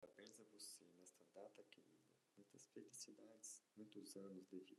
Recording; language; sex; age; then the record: short text; Brazilian Portuguese; male; 40 to 49 years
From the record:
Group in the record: control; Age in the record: 45 years